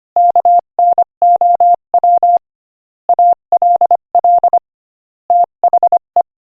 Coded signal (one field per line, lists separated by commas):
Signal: Morse code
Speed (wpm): 25 wpm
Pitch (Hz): 700 Hz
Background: none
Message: KNOW ALL THE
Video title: Morse Code Practice: 25 wpm Joke #16